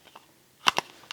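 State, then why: Not seated. The plastic lid of a tool bit case is pressed closed but fails to latch. A faint tap near the start is followed by two loud, sharp clacks close together around the middle and another sharp clack at the end. Nothing has snapped or clicked into place yet.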